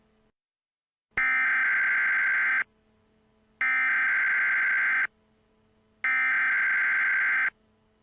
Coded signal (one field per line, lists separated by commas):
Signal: Emergency Alert System (SAME) tones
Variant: header bursts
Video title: EAS Mini-Scenario - False Alarm